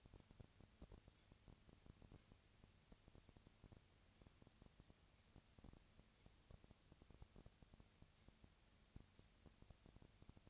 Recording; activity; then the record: daily activity, microphone in the room; no activity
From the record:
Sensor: 2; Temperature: 20.1 degrees Celsius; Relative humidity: 35.5%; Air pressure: 997.0 hPa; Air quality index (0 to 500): 198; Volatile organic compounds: 30 ppm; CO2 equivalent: 2963 ppm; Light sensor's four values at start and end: 2/3/2/2 and 2/3/2/2